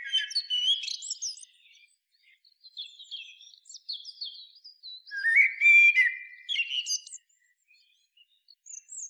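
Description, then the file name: Common blackbird song: several short bursts of fluty and squeaky notes with gaps between them. A louder rich warble comes midway, followed by high thin notes. "Turdus merula"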